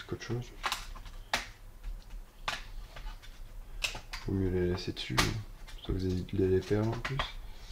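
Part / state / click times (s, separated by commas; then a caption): plastic case part clipping into the laptop chassis / not seated / none. A plastic case part is handled during reassembly of an Acer laptop, before it is clipped into the laptop chassis. Brief sharp taps and small handling knocks sound while someone talks. Nothing has seated or clicked yet.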